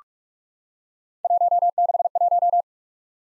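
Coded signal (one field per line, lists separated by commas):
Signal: Morse code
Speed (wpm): 44 wpm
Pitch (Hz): 700 Hz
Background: none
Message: 161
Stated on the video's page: Morse practice of random three-character letter-number groups at 45 wpm, each group sent, spoken, then sent again, for head-copy.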